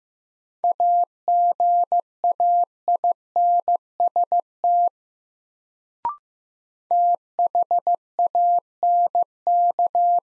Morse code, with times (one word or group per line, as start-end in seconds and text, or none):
0.6-4.9 AGAINST
6.9-10.2 THANK